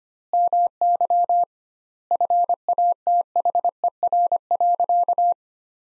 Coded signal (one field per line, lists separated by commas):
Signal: Morse code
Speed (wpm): 25 wpm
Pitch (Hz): 700 Hz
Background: none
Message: MY FATHER.